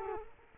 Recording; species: mosquito wingbeat signal from an infrared sensor; Culex quinquefasciatus